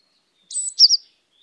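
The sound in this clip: Great tit call: a single brief high call with a scratchy opening note and a brighter double note, alone against a quiet background.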